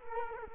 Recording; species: mosquito wingbeat signal from an infrared sensor; Culex quinquefasciatus